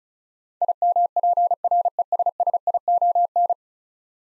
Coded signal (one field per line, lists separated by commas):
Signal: Morse code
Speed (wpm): 36 wpm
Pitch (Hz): 700 Hz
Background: none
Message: IMPRESSION